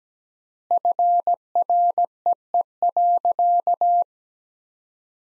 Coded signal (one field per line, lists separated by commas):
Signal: Morse code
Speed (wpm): 17 wpm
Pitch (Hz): 700 Hz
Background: none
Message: FREE.